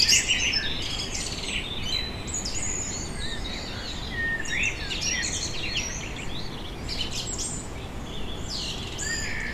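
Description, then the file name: Birds twittering in a chorus of short chirps and whistled notes, fairly steady throughout, set against a broad low background rumble of traffic. Vineyard ambience in Germany on a summer evening, birds with distant traffic. "tom chapman nature vineyard ambience summer evening birds distant traffic germany"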